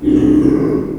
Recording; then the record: squeal of a Yucatan mini pig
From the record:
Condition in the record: before surgery on the right vocal fold (resection and tissue-engineered implant); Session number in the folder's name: 1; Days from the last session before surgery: -3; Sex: male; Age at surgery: 12 weeks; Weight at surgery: 13 kg